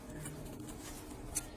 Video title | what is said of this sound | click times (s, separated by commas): 2008 Toyota Corolla Brakes & Rotors | These ones aren't clicking too much, but I think it's kind of by design. | 1.4 s